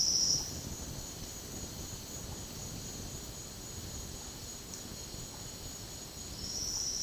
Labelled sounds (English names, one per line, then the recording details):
none
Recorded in secondary vegetation near Puerto Asís, Putumayo, Colombia, on 18 February 2024 at 09:30
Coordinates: 0.468, -76.324
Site G6381